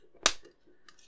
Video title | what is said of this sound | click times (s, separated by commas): Build the 1:8 Scale Stirling Moss 1955 Mercedes W196R - Pack 8 - Stages 48-60 | you heard that snap in there actually | 0.3 s